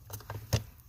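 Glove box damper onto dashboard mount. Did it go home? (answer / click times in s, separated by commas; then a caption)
yes / 0.5 s. A new plastic glove box damper is pressed onto its mount in the dash of a 2003–2008 Toyota Corolla; the damper keeps the glove box from flying open. A few faint plastic ticks come first, then a sharp snap at 0.5 s as the damper seats in place.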